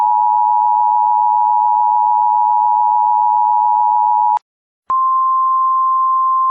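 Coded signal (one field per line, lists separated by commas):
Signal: Emergency Alert System (SAME) tones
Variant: 853 and 960 Hz attention tone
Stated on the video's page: Fictional EAS scenario for entertainment, not a real event.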